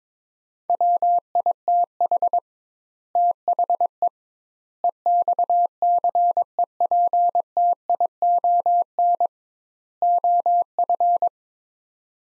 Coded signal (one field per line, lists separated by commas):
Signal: Morse code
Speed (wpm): 22 wpm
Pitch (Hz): 700 Hz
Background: none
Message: WITH THE EXCEPTION OF